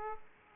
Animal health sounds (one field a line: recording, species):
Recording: mosquito wingbeat signal from an infrared sensor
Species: Aedes aegypti